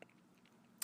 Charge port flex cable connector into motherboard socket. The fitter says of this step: Okay, so we've got the click there, I believe.